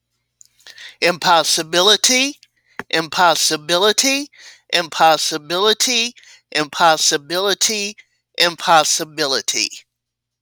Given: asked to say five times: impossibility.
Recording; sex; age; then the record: repeated word; female; 50 to 59 years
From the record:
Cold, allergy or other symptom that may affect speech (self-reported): no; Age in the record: 54 years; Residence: Georgia, United States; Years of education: 12